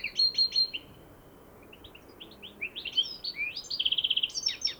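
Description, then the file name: European goldfinch twittering: bright tinkling notes, a pause, then quickening liquid chirps, a fast, evenly pulsed buzzy trill and a few final notes; faint background hiss. "Carduelis carduelis"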